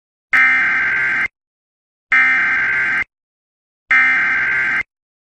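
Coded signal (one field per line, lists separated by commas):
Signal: Emergency Alert System (SAME) tones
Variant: header bursts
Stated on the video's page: Mock EAS alert.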